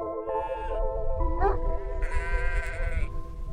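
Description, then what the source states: Sheep bleating, wavering harmonic cries, several overlapping, over heavy low noise. Flock of Landschap Overijssel on the Wierdense veld near Nijverdal, Overijssel, Netherlands, protected from wolves in a first Dutch trial with livestock guardian dogs.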